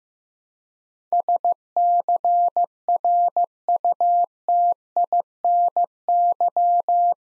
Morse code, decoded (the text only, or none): SCRUTINY